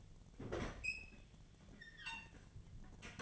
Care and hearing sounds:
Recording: daily activity, microphone in the room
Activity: open fridge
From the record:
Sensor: 4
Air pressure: 1010.6 hPa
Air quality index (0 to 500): 176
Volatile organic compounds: 5 ppm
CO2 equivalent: 1784 ppm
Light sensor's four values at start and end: 34/100/40/40 and 30/90/36/36

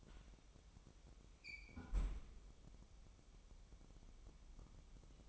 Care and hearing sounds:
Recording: daily activity, microphone in the room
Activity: close fridge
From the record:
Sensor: 1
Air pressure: 988.5 hPa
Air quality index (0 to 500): 199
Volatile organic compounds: 1000 ppm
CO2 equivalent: 5310 ppm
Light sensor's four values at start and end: 26/97/37/38 and 26/97/37/38

